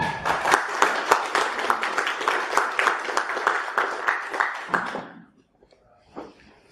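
An audience at a university lecture applauds in a dense, steady burst of clapping for about five seconds, then the applause cuts off fairly abruptly, leaving near quiet with a few faint sounds.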